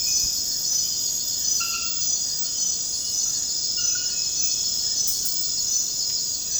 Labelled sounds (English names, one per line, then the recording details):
none
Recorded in dense forest near Puerto Asís, Putumayo, Colombia, on 19 February 2024 at 02:00
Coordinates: 0.472, -76.329
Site G6394